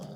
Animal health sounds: pig call; piglet (1 to 25 days)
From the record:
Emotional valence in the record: negative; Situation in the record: short isolation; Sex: male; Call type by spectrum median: low-frequency call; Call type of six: low-frequency stable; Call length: 0.17 s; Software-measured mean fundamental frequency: 70 Hz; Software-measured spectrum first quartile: 177 Hz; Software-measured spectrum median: 373 Hz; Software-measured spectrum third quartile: 960 Hz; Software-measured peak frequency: 167 Hz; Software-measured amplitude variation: 149 dB a second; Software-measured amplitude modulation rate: 18.1 a second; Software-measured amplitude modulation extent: 8.2 dB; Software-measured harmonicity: 2.3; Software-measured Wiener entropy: -0.60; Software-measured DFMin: 1112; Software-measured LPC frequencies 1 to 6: 588, 3362, 4753, 5546, 6238, 7061 Hz

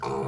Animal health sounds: pig call; weaner (32 to 43 days)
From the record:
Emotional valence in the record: negative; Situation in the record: long isolation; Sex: female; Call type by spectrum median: low-frequency call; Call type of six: low-frequency modulated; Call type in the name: low-frequency modulated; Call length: 0.28 s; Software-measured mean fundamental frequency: 67 Hz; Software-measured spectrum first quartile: 341 Hz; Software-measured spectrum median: 566 Hz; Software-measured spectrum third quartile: 1026 Hz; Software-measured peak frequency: 416 Hz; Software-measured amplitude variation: 80 dB a second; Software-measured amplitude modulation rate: 26.5 a second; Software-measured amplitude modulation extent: 3.0 dB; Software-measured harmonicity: 0.4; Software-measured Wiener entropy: -0.65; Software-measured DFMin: 1137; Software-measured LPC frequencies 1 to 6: 478, 1012, 2391, 3651, 4392, 5132 Hz

